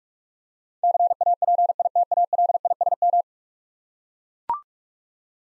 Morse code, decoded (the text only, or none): CAPITALISM